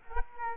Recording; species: mosquito wingbeat signal from an infrared sensor; Culex quinquefasciatus